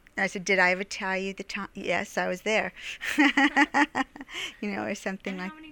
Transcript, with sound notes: I said, "Did I ever tell you the time...?" "Yes, I was there." (She laughs) You know, or something like that.